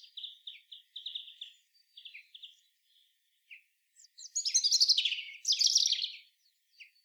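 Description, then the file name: European robin starting with soft, scattered high notes, then bursting into two louder, rich warbled phrases of rapid trills and twitters. "Erithacus rubecula"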